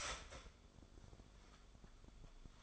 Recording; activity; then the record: daily activity, microphone in the room; start toaster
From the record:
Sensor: 5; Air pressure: 1014.8 hPa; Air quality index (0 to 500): 207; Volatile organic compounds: 10 ppm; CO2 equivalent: 2201 ppm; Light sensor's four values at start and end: 13/31/12/11 and 13/31/12/11